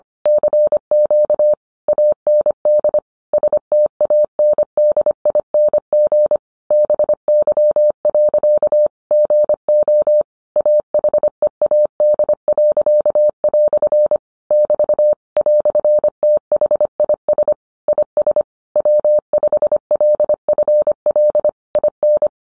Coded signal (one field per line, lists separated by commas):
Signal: Morse code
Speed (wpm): 25 wpm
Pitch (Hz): 600 Hz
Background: none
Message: CQ AND STANDING BY. GO AHEAD." <BT> "THIS IS W5LFL IN